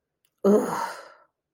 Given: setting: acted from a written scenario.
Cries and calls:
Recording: vocal sound without words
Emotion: contempt

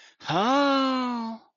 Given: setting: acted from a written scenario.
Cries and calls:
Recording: vocal sound without words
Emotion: realization

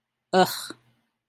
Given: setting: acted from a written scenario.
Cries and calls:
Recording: vocal sound without words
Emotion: contempt

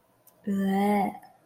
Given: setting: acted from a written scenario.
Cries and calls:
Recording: vocal sound without words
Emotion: disgust

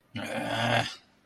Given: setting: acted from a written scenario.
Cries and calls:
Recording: vocal sound without words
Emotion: anger

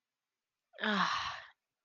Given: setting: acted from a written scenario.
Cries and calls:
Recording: vocal sound without words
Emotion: serenity

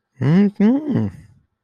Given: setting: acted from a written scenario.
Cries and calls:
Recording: vocal sound without words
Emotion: pride

